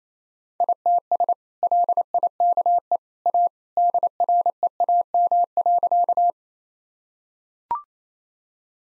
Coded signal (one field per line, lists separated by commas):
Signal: Morse code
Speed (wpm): 28 wpm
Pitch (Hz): 700 Hz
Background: none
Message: ITS LIKE A DREAM.